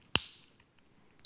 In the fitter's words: hear that snap and I'm gonna bring it around I can kind of stretch the front around and